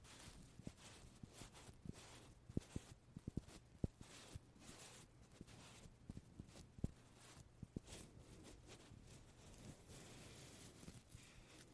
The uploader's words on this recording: 말없이 퍼프 소리만, 가득 담아봤어요 puff sound no talking asmr.